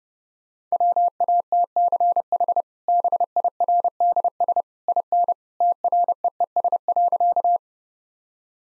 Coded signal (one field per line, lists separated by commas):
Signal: Morse code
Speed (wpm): 30 wpm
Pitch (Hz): 700 Hz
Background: none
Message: WATCH BIRDS IN TREES.